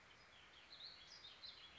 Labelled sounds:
Warbling Vireo
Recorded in Sonoma County, California

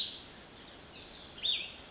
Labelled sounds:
Cassin's Vireo
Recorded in Sonoma County, California

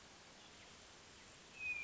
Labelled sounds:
Hermit Thrush
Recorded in Sonoma County, California

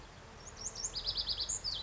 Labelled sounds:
Lazuli Bunting
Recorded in Sonoma County, California

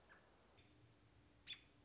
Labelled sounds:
American Robin
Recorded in Sonoma County, California

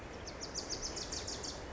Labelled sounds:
Wilson's Warbler
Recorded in Sonoma County, California

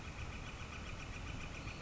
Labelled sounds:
Northern Flicker
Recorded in Sonoma County, California

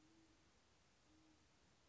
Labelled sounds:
Great Horned Owl
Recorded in Sonoma County, California

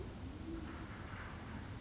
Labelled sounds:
Band-tailed Pigeon
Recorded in Sonoma County, California

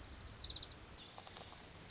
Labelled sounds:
Orange-crowned Warbler
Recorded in Sonoma County, California

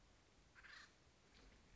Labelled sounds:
Acorn Woodpecker
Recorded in Sonoma County, California

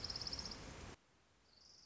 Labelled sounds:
Orange-crowned Warbler
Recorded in Sonoma County, California

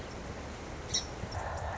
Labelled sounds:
Song Sparrow
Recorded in Sonoma County, California

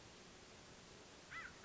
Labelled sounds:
American Crow
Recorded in Sonoma County, California

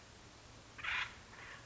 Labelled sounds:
Acorn Woodpecker
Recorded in Sonoma County, California

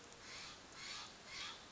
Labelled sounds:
Steller's Jay
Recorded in Sonoma County, California

